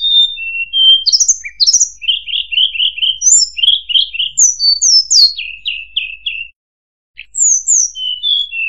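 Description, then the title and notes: Streaked spiderhunter song, a lively run of high, sharp down-slurred chirps and quick trilled notes, with a brief pause near the end and no other sounds. Bird-training recording of a bird singing actively, clearly and at length. "Pijantung Gunung Gacor Jernih Panjang. Masteran burung"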